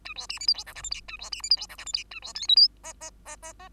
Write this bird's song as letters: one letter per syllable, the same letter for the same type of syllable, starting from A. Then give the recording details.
A B C D E F G H I J A B C D E F G H I J A B K L M N N N N N. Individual Bird2